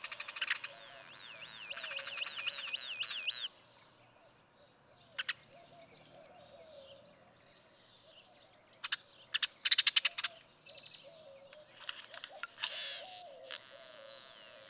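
Great-tailed grackle giving a wavering whistled note, then a quiet spell broken by sharp clacks and short noisy bursts.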